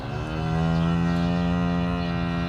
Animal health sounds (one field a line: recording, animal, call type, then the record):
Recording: contact call of a hoofed animal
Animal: cattle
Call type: low-frequency (closed-mouth) or high-frequency (open-mouth) call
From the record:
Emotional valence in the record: negative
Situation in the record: full separation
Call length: 2.6 s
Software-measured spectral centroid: 1520 Hz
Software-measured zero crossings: 940 a second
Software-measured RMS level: -24 dBFS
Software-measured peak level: -12 dBFS